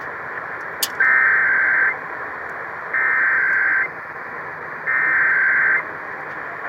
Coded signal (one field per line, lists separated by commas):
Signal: Emergency Alert System (SAME) tones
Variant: header bursts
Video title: Minnesota Required Monthly Test on WCCO-AM (EAS #1021)